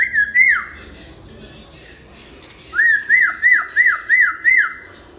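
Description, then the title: Hill myna with a brief whistled figure, a pause, then a series of six quick looping whistled notes at an even pace. Talkative ('gacor') hill myna song used as a tutor recording for training birds. "Suara Burung Beo Gacor Cocok Untuk Masteran"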